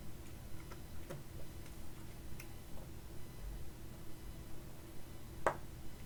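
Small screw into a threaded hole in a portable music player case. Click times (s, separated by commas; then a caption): 5.5 s. A tiny case screw is turned backwards in a threaded hole in a portable music player's housing, producing a series of faint, regular ticks over a low background hum. At 5.5 seconds its thread drops into the mating thread with a sharp small click, meaning the screw is properly aligned and seated.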